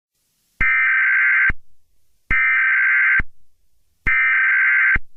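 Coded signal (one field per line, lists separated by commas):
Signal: Emergency Alert System (SAME) tones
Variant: header bursts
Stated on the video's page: Fictional EAS scenario; sound glitched near the end and replayed after a couple of seconds.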